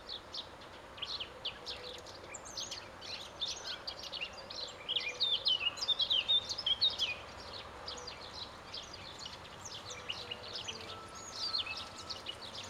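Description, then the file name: Eurasian blackcap: a bright, tumbling warbled phrase stands out amid steady background noise and faint scattered chirps. "Sylvia atricapilla"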